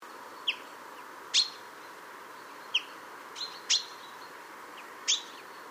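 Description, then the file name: Common chaffinch calls: several crisp high chirps at irregular intervals, some thinner and some fuller, against a quiet hissy background. "Fringilla coelebs"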